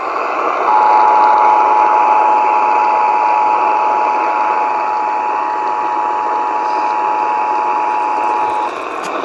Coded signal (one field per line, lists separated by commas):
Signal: Emergency Alert System (SAME) tones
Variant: 853 and 960 Hz attention tone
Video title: Minnesota RMT on WCCO-AM (EAS #952)